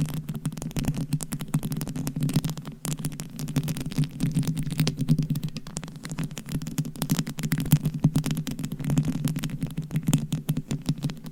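Gentle tapping and scratching runs continuously, a dense patter of quick, crisp ticks and scrapes with no real pauses. Beneath it sits a steady low hum, and the sounds swell and ease slightly in loudness throughout.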